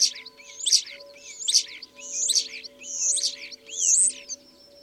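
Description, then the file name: Common starling song: loud repeated bursts of squeaky chatter with rising slurred whistles, about one burst per second, over a low steady hum. Recorded at Dviete. "dviete sturnus vulgaris"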